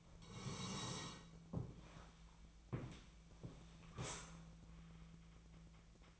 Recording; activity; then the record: daily activity, microphone in the room; sit down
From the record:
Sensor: 1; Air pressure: 1000.5 hPa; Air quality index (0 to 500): 176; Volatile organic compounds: 4 ppm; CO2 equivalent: 1632 ppm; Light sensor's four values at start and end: 13/31/13/15 and 13/31/13/15